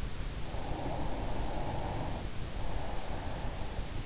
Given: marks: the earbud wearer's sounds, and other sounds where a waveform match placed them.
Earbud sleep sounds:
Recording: sounds in sleep by an in-ear microphone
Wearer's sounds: breath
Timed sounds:
0.41-3.69 s: breath

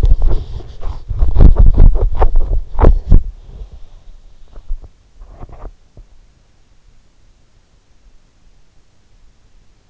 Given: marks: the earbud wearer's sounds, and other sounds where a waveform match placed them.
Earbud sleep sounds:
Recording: sounds in sleep by an in-ear microphone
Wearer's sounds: teeth grinding, body movement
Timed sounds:
0.00-3.28 s: teeth grinding
0.97-6.53 s: body movement
5.98-6.30 s: teeth grinding

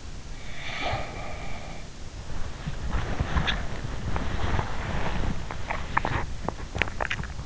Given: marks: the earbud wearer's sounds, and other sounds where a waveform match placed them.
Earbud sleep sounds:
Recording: sounds in sleep by an in-ear microphone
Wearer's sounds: snoring breath, body movement, swallowing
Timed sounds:
0.57-1.91 s: snoring breath
2.46-5.48 s: body movement
5.77-7.46 s: swallowing

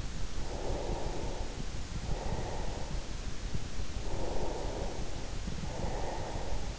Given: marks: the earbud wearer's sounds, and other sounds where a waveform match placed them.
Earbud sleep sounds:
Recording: sounds in sleep by an in-ear microphone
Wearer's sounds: breath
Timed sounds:
0.30-3.42 s: breath
3.94-6.79 s: breath

